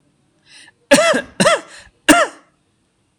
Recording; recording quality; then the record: heavy voluntary cough; excellent, no background noise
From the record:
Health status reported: healthy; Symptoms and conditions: none ticked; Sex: male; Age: 18 years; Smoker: not ticked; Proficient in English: yes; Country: India